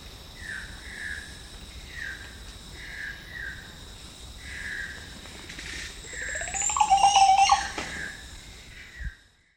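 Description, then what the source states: Green oropendola: a series of short whistled notes, then a long rising swoop ending in a loud, bubbling gurgle. Recorded in the eastern lowlands of South America, Ecuador.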